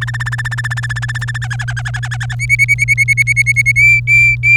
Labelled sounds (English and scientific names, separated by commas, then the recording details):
Domestic Canary (Serinus canaria) song
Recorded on 27 April 2018 at 16:09
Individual llb3